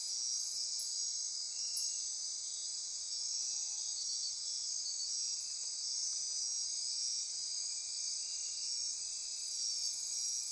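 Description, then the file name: Insect chorus of steady high shrill trilling, many callers blending into an unbroken ringing wall, with a few brief sharp ticks. Insect chorus recorded at midnight near Corcovado. "Wind-is-the-Original-Radio-Fridays 20240628 Andy-Martin Midnight-Insect-Chorus-Near-Corcovado"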